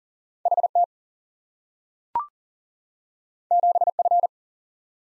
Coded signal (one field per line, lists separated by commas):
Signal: Morse code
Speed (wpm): 42 wpm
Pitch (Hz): 700 Hz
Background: none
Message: HT 7F